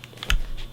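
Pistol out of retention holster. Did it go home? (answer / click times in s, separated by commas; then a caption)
released / 0.3 s. A real steel 1911 pistol is drawn from a plastic holster with an active retention system after its retention button is pressed. A few light ticks come first, then a sharp click at 0.3 s as the retention releases and the pistol comes out.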